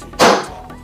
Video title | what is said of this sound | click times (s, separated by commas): 家用滚筒洗衣机噪音大 教你如何更换内部轴承滚筒洗衣机清洗 家电清洗维修 家电清洗培训 生活小妙招 专业的事交给专业的人 | 这个声音特别脆了以后，说明咱们这个轴承砸到位了。给你听一下这个声音啊 | 0.1 s